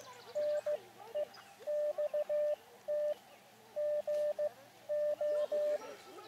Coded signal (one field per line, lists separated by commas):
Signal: Morse code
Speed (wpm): 15 wpm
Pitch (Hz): 600 Hz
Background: none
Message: NEXT GO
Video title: Elecraft KX2 OVERHEATS!!! | Random Wire Antenna | QRP Portable QSO